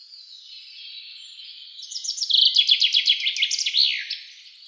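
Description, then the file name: Common chaffinch song: a run of bright, quickly repeated notes leading into a descending flourish that ends in a sharp downward flick, over a faint steady hiss. "Fringilla coelebs"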